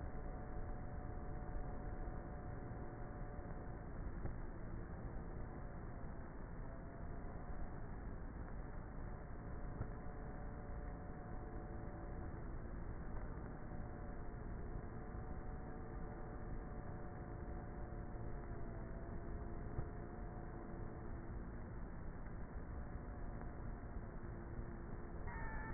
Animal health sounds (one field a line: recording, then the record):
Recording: honeybee colony, microphone inside the hive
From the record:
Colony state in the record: queenless with a low population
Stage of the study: before two queens were removed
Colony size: about 30,000 bees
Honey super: no